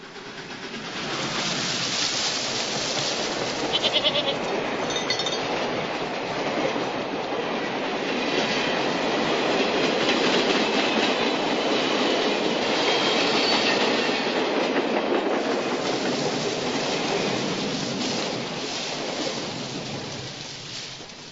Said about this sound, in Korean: 오래되고 낡은 카페가 있고 그 카페 앞으로 녹슨 철로가 지나가는 그런 곳입니다. 그때 에블린은 환청을 듣습니다. 철로변에 깔린 낙엽을 흩날리면서 지나가는 기차 소리를요.